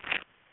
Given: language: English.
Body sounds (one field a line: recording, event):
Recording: throat vibration sensor signal played as sound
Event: swallow